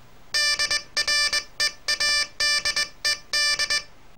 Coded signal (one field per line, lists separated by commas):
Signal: Morse code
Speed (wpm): 19 wpm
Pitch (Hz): 1750 Hz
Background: none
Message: DREADED